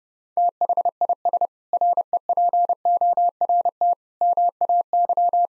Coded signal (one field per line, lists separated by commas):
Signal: Morse code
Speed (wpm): 30 wpm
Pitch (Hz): 700 Hz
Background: none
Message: THIS REPORT MAY